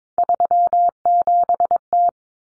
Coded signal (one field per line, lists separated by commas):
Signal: Morse code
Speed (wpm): 22 wpm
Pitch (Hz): 700 Hz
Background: none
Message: 37T